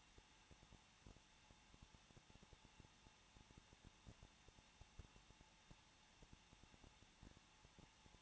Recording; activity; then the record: daily activity, microphone in the room; no activity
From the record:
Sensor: 1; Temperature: 20.0 degrees Celsius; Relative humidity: 39.4%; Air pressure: 1006.4 hPa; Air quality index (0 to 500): 219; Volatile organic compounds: 83 ppm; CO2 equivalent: 3630 ppm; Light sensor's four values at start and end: 1/2/1/1 and 1/2/1/1